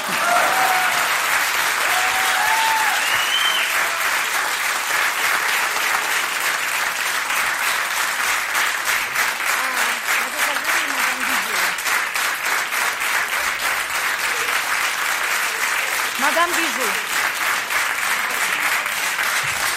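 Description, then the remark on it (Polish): Sustained audience applause, called for as three minutes of clapping, at the 55th birthday celebration of Polish Radio's Program Three (Trójka): a dense, steady wash of many hands clapping at even loudness throughout, with a few faint voices and whoops rising briefly above it. “Nie, odwrotnie, o 3 minuty oklasków.”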